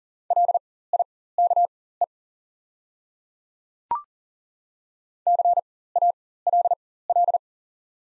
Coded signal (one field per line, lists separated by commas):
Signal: Morse code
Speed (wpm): 40 wpm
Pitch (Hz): 700 Hz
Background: none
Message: LIKE CALL